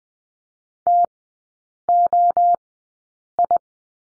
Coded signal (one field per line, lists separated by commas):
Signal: Morse code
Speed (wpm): 20 wpm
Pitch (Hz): 700 Hz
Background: none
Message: TOI